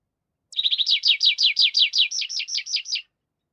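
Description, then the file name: Tree Pipit song phrase: a fast run of buzzy, rolling notes. "Animal Tree Pipit"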